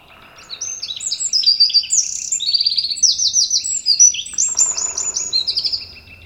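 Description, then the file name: Eurasian wren song, a vigorous high trilling and warbling stream lasting about five seconds, over a faint, steady series of thin repeated ticking notes. "Troglodytes troglodytes"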